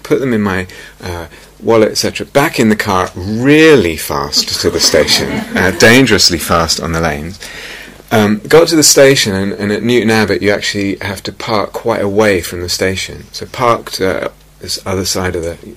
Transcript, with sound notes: Put them in my wallet, etc. Back in the car, really fast to the station. [laughter] Dangerously fast on the lanes. Got to the station, and at Newton Abbot, you actually have to park quite a way from the station, so I parked this other side of the...